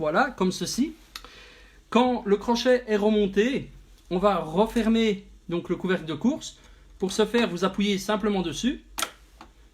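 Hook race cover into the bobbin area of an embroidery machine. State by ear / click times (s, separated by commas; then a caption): seated / 9.0 s. Someone talks while the hook race cover is pressed back into the bobbin area of an embroidery machine after the rotary hook has been reinstalled. A sharp click at 9.0 s shows that the cover has seated and is properly refitted.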